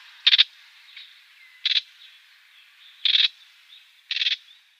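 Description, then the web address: Eurasian reed warbler calling in short, grating stuttered bursts, four of them spaced about one to one and a half seconds apart, with soft chattering between. "Schulze Peter Reed Warbler calls"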